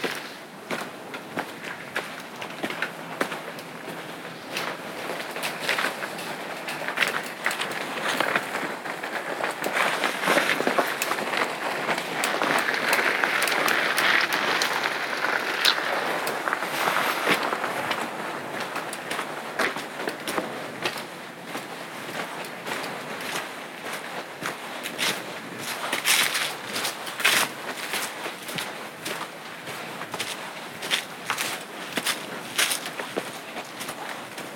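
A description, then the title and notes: A night hike along a trail, heard as a steady run of crunchy footsteps and rustling with no real pause for the full length. The sound swells and thickens around the middle, then settles back to a quieter, even tread. A Night Hike on Appleton Trail. A pitch-black night hike on the Appleton Trail.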